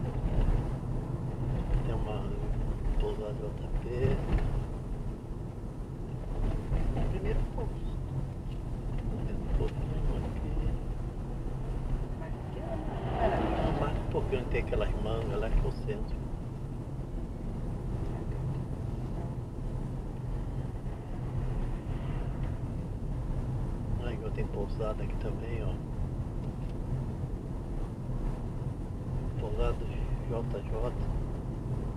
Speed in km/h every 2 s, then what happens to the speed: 39, 36, 35, 33, 32, 33, 32, 34, 35, 34, 34, 34, 33, 32, 33, 34.
0-7 slows to 32. 7-32 steady at about 33.